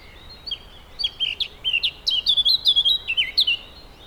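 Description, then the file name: Eurasian blackcap song, starting with hesitant twittering and building into a loud, rich warble of clear fluty whistles and quick slurred notes lasting about three seconds. "Sylvia atricapilla"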